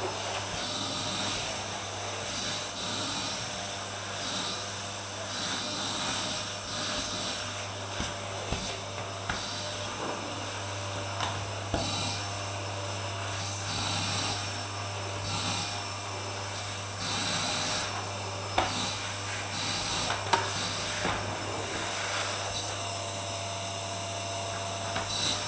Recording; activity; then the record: daily activity, microphone in the room; vacuum cleaning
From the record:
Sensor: 2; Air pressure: 999.9 hPa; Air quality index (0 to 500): 127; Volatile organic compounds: 2 ppm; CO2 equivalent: 1091 ppm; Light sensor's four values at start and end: 28/69/30/33 and 20/51/22/24